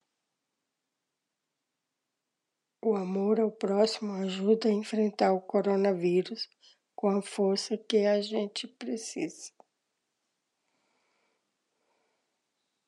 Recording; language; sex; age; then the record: spoken sentence; Brazilian Portuguese; female; 50 to 59 years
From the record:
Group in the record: control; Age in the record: 57 years